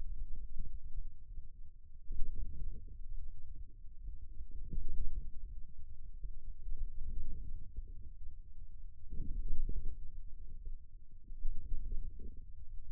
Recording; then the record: forearm muscle sounds (acoustic myography)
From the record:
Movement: wrist flexion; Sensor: system 2, bracelet of six BSWA MPA416 microphones around the upper forearm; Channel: 1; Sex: male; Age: 22 years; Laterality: right